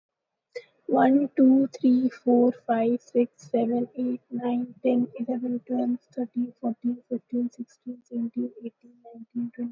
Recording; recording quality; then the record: counting at a normal pace; excellent, no background noise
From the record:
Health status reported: healthy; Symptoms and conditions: none ticked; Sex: female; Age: 21 years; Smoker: not ticked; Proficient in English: yes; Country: India